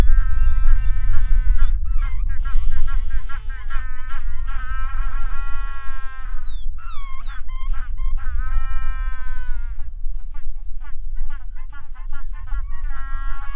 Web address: cantos pinguipata